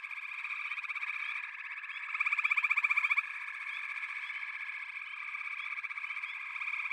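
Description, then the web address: Frog chorus with overlapping rapid trills forming a constant buzzing hum, with a louder stretch of distinct pulses in the middle. A chorus of frogs calling together. "The Natural Sounds of the Wilderness. Echoes of Nature - Frog Chorus"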